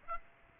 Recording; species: mosquito wingbeat signal from an infrared sensor; Aedes aegypti